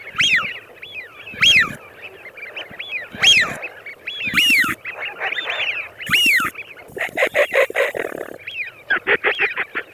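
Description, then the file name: Eurasian wigeon whistles: clear rising-then-falling whee-oo notes, repeated and crowding more densely toward the end, with brief noise bursts between. "FISCHIONE"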